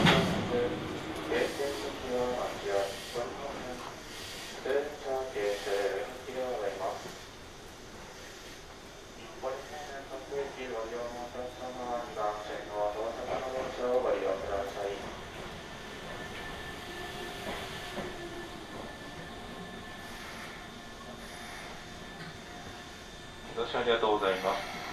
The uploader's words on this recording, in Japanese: 耳で楽しむ鉄道旅 北総鉄道→都営浅草線 東松戸→人形町。正確には京成高砂から京成本線と京成押上線を通って都営浅草線に入ります。